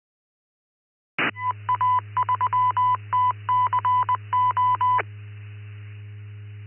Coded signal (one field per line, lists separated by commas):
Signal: Morse code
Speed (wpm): 20 wpm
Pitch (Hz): 1000 Hz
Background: none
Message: EA3TCO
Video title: SWLing East Coast Reflector Popup Net 2025 03 06 193945